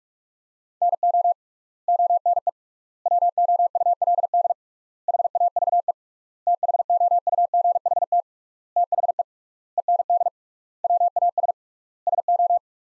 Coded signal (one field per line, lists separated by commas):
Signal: Morse code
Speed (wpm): 41 wpm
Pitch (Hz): 700 Hz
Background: none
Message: NO ONE WOULD HAVE THOUGHT THE END WAS SO